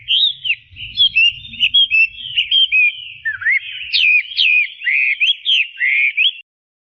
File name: audio kicauan burung hwamei. omkicau